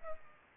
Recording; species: mosquito wingbeat signal from an infrared sensor; Culex pipiens